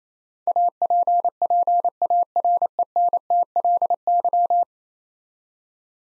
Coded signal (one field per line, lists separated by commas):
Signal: Morse code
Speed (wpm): 28 wpm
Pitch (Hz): 700 Hz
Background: none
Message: APPARENTLY